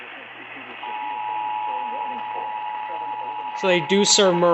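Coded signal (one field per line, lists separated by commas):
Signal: Emergency Alert System (SAME) tones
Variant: 853 and 960 Hz attention tone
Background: speech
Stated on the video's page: Weather alerts.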